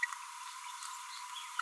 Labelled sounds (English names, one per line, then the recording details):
Green-rumped Parrotlet babbling
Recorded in a nest box in Venezuela
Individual 18B25A3